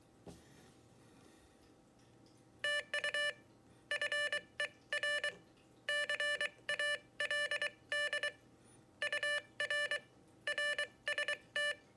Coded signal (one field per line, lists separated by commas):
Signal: Morse code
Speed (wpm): 23 wpm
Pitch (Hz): 1750 Hz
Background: none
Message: TU FER CALD UR RST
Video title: Morserino-32 - the multifunctional Morse machine